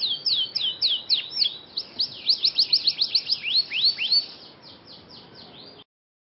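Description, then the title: Scotch Fancy canary song of rapid high swept notes in quick succession, fading into softer phrases before silence at the end. Scotch Fancy canary singing an elaborate song style called cengkok mewah, described as gacor, meaning singing constantly. "Cengkok Kenari Mewah. KENARI SCOTCH FANCY GACOR CENGKOK MEWAH"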